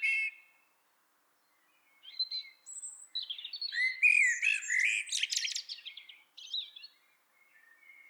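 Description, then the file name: Common blackbird song with a short fluty note, then a long run of squeaky, twittering high notes over low warbles, fading into soft whistles at the end. "Turdus merula"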